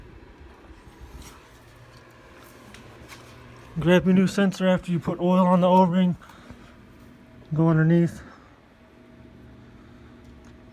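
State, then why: Not seated. A new exhaust camshaft position sensor (22056AA210) for the lower right of a Subaru STI's 2.5 H4 EJ257, replaced over a P0024 code, has its O-ring oiled and is brought underneath the car and lined up with its cylinder head bore. Someone talks in bursts from about 3.8 to 6.1 s and again around 7.5 to 8.1 s over a faint, steady background. The sensor has not been pushed in, and nothing has seated or clicked yet.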